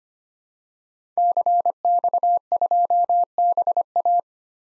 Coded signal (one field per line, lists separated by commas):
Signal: Morse code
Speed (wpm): 25 wpm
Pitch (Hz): 700 Hz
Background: none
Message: CX2BA